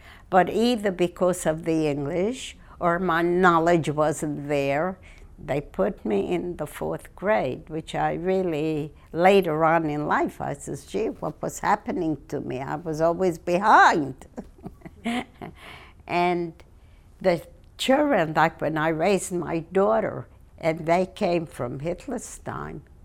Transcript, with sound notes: But either because of the English, or my knowledge wasn't there, they put me in the fourth grade, which I really, later on in life I says, "Gee, what was happening to me? I was always behind." ( she laughs ) And the children, like, when I raised my daughter, and they came from Hitler's time,